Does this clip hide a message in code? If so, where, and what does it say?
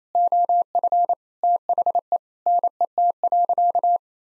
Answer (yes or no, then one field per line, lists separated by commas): yes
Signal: Morse code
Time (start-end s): 0.2-4.0 s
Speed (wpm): 28 wpm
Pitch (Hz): 700 Hz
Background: none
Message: OF THE NET.